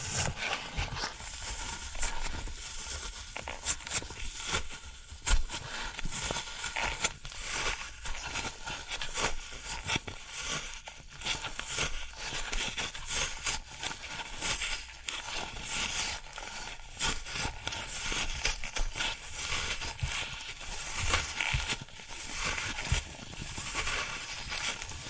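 Floral foam being handled, with a dense, continuous stream of crisp crackling and crunching from start to finish. The sound is bright and fizzy, made of rapid tiny snaps and scratches, with occasional slightly louder crunches around five and fifteen seconds.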